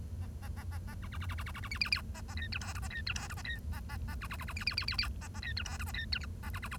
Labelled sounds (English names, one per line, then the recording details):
Bengalese Finch song
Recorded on 1 October 2012 at 10:35
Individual or60yw70